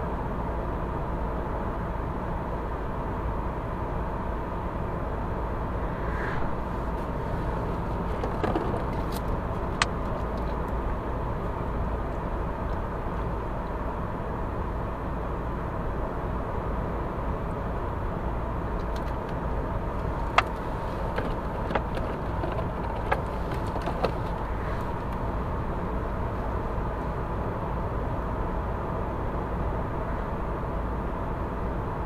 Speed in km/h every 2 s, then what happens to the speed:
98, 98, 98, 98, 98, 98, 98, 99, 98, 98, 98, 99, 99, 99, 98, 98.
0-32 steady at about 98.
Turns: none.